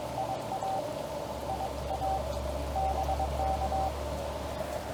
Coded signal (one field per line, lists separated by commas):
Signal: Morse code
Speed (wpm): 22 wpm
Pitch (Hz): 770 Hz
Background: none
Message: IA IA BK